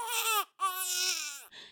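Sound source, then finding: Infant. Infant cry.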